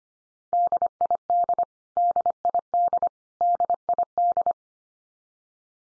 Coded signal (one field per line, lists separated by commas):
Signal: Morse code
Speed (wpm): 25 wpm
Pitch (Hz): 700 Hz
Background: none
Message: DID DID DID